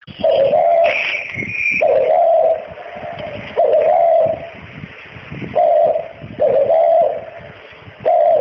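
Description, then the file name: Spotted dove cooing, low soft phrases repeated every couple of seconds, with a brief higher sound early on. "tieng chiem cu gay"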